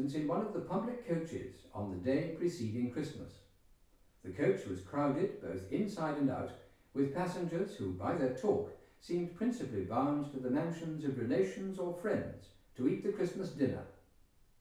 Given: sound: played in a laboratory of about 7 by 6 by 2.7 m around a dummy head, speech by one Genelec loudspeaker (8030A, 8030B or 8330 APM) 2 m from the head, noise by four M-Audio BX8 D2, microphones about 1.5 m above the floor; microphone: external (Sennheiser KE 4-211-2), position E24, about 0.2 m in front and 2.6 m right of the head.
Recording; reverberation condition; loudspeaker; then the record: male speech in English; medium; behind (180 degrees)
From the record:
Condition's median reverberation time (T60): about 510 ms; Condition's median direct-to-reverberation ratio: about -0.5 dB